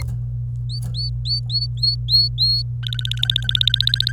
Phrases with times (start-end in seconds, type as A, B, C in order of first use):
0.00-0.02 A, 0.70-2.63 B, 2.83-4.12 C